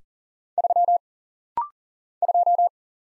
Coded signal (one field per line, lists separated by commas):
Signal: Morse code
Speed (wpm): 40 wpm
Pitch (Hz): 700 Hz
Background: none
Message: 3 2